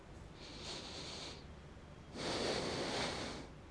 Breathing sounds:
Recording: one breath in and out by a microphone near the nose and mouth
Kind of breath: deep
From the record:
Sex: male

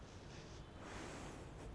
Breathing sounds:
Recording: one breath in and out by a microphone near the nose and mouth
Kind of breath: normal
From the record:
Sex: female

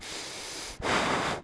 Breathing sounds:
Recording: one breath in and out by a microphone near the nose and mouth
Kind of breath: strong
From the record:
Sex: male

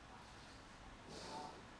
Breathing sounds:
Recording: one breath in and out by a microphone near the nose and mouth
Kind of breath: normal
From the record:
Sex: male

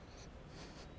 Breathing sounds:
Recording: one breath in and out by a microphone near the nose and mouth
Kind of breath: strong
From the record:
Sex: male

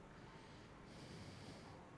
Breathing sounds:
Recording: one breath in and out by a microphone near the nose and mouth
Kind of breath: normal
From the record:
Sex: male

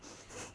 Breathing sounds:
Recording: one breath in and out by a microphone near the nose and mouth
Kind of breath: strong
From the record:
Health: marked as sick, illness not named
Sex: female

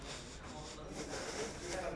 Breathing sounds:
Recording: one breath in and out by a microphone near the nose and mouth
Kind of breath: strong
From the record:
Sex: male

